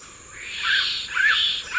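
Black-capped donacobius giving a few slurred whistled calls over a hoarse rasp, with a constant high hum behind.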